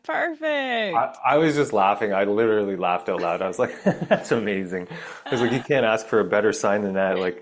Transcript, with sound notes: That's perfect.
I, I was just laughing. I literally laughed out loud. I was like, (laughs) that's amazing.
(laughs)
Because like, you can't ask for a better sign than that,